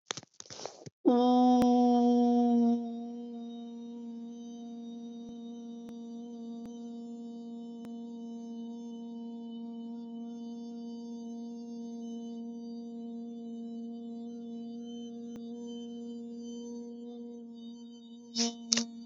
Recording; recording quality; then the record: sustained vowel as in boot; excellent, no background noise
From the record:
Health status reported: exposed to COVID-19, no respiratory illness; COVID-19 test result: negative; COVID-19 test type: RT-PCR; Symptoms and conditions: cough, cold, fatigue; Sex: female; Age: 23 years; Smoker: no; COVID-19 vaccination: both doses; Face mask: not worn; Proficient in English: yes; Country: India